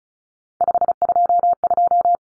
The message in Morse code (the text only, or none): 522